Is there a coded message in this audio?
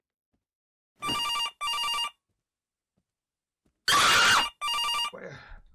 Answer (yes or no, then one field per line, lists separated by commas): no